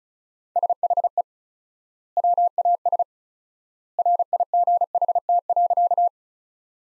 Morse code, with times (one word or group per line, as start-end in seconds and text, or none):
0.6-1.2 SHE
2.2-3.0 WAS
4.0-6.1 RIGHT.